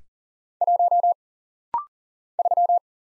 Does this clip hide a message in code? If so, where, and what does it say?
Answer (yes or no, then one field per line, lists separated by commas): yes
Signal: Morse code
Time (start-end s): 0.6-2.8 s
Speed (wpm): 40 wpm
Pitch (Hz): 700 Hz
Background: none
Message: 1 3